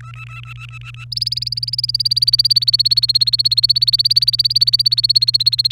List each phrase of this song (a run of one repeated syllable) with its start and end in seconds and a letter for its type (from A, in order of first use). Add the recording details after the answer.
0.00-1.05 A, 1.12-5.71 B. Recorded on 30 April 2018 at 07:29. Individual llb3